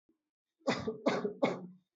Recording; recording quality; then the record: shallow voluntary cough; excellent, no background noise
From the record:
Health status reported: respiratory illness, not identified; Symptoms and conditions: asthma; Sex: male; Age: 20 years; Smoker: not ticked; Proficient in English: yes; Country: India